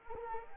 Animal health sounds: mosquito wingbeat signal from an infrared sensor; Anopheles arabiensis

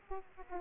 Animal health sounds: mosquito wingbeat signal from an infrared sensor; Aedes aegypti

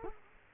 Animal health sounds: mosquito wingbeat signal from an infrared sensor; Culex quinquefasciatus

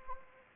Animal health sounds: mosquito wingbeat signal from an infrared sensor; Anopheles arabiensis

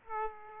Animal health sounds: mosquito wingbeat signal from an infrared sensor; Aedes aegypti

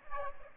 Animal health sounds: mosquito wingbeat signal from an infrared sensor; Aedes aegypti

